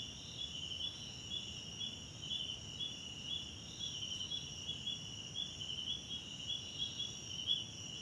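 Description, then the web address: Crickets chirping in a dense chorus, steady high trilling with pulses repeating about twice a second over a continuous higher buzz. South African crickets in the background at night in a wetland park at Kosi Forest Lodge, South Africa. "Tonschliff - SOUTH AFRICAN CRICKETS BG South Africa Wetland Park Kosi Forest Lodge Night"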